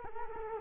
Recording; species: mosquito wingbeat signal from an infrared sensor; Culex quinquefasciatus